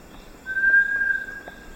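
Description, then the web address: Bartlett's tinamou giving a single pure, steady whistled note lasting under a second, over a constant high insect hum. Recorded in the eastern lowlands of South America. "Natures Songs S America Eastern Lowlands. Bartlett's Tinamou"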